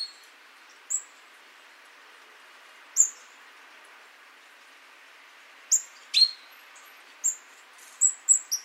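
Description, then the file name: Great tit giving sparse, very high thin call notes, single or in quick pairs, with longer gaps early and a denser cluster near the end over faint background hiss. "Parus major"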